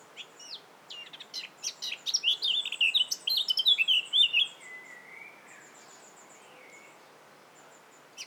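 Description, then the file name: Eurasian blackcap song opens with scratchy twittering, swells into a burst of loud mellow whistles, then fades to a few soft notes and near quiet. "Sylvia atricapilla"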